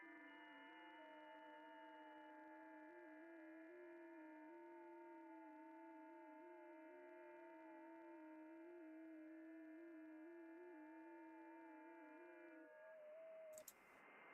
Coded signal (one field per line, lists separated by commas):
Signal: FT8